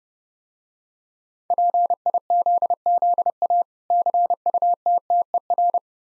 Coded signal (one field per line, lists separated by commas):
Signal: Morse code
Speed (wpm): 30 wpm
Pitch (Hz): 700 Hz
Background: none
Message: PIZZA CUTTER